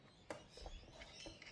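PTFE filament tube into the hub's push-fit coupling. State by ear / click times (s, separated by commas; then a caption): seated / 0.3 s. A pre-cut PTFE feed tube is pushed against slight resistance into the push-fit coupling of a Bambu Lab AMS internal hub unit and seats with a sharp click at 0.3 s. It is then tugged to check that it is held, with a smaller tick at about 1.4 s over low background noise.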